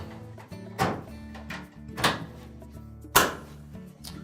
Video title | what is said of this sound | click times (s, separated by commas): Whirlpool Washer Repair - How to Replace the Control Board | You'll hear it when they lock into place, and those 2 tabs will then sit flush on that mounting bracket. | 2.1 s, 3.2 s